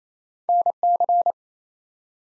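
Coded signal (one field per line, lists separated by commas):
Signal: Morse code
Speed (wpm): 27 wpm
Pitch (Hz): 700 Hz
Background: none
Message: NC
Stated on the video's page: Morse practice at 28 wpm: ARRL sections and DX as used in Field Day contest exchanges, each sent twice for head-copy.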